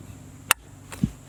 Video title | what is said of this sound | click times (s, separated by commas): 2012-16 Honda CRV Blower Motor & Fan Replacement - How to DIY | there's our click reinstall the retention clip | 0.5 s